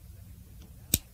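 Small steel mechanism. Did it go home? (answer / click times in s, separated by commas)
partly / 0.9 s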